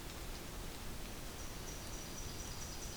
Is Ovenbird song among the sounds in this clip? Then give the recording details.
no. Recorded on 2 June 2016 at 07:16. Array SBT-3-7